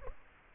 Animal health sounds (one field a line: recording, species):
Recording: mosquito wingbeat signal from an infrared sensor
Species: Culex quinquefasciatus